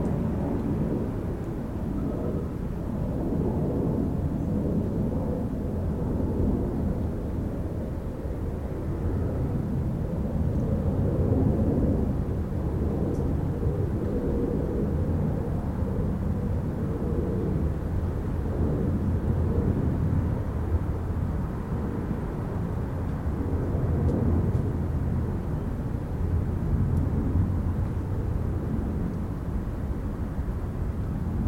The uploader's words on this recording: A recording of the sounds outside of my apartment as I fall asleep in Chicago circa 2004.